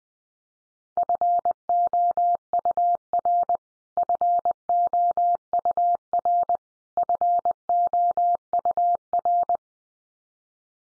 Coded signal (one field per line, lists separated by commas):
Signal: Morse code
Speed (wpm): 20 wpm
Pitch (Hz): 700 Hz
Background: none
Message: FOUR FOUR FOUR